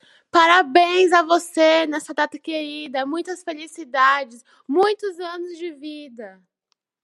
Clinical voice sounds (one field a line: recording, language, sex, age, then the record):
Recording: short text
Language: Brazilian Portuguese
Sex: female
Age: 18 to 19 years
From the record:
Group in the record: control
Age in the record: 18 years